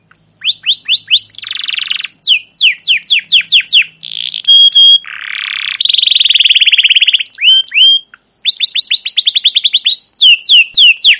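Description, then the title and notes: Canary song, loud and continuous, mixing rapid downslurred chirps, buzzy rattling trills and high whistled notes in quick changing phrases. Long, continuous chirping canary song, used as a lure and master recording for teaching young captive canaries. "CUIT CUIT NGEROL GACOR PANJANG Kenari Pancingan KENAR. PANCINGAN Kenari GACOR PANJANG Cuit CUIT EMOSI MASTERAN Kenari PAUD belajar BUNYI. burung kenari"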